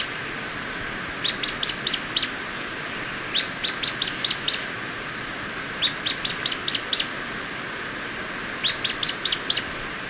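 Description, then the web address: Streaked xenops song: four short bursts of five or six thin, high notes, each burst rising in pitch. Ecuador. "Birds of Ecuador 2. Streaked Xenops"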